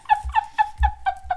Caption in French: Elle a renflé dans le micro. Elle fait ce bruit-là tous les jours? C'est un bulldog français, ça ronfle et ça pète.